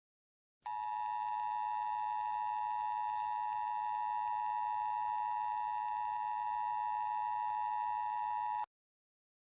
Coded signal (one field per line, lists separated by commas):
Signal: Emergency Alert System (SAME) tones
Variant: 853 and 960 Hz attention tone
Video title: EAS Mock Scenario - White Christmas Mayhem